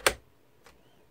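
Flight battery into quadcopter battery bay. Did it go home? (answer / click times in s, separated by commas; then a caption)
yes / 0.1 s. A flight battery is slid into the battery bay of a 3DR Solo quadcopter and latches home with a sharp, loud click at 0.07 s. A much fainter tick follows at 0.7 s, and the battery is seated.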